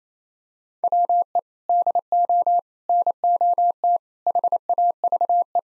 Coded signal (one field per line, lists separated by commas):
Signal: Morse code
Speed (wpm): 28 wpm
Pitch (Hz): 700 Hz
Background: none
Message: WE DO NOT HAVE